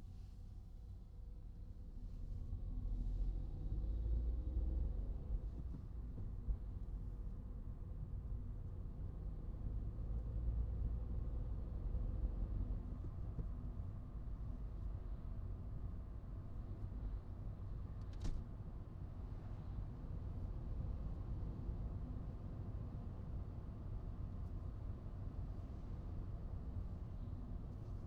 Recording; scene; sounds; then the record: everyday scene through a hearing-aid microphone; in a vehicle; engine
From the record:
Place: Skoda Fabia, gasoline engine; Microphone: in the ear canal, right